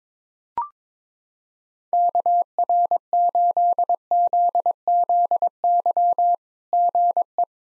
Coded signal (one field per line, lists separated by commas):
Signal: Morse code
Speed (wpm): 22 wpm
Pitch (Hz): 700 Hz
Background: none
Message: KR8ZZY GE